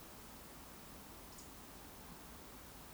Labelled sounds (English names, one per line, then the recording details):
Eurasian Woodcock whistle
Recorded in Baden-Württemberg, Germany, on 18 June 2021 at 20:17 UTC
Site 49334, 1074 m above sea level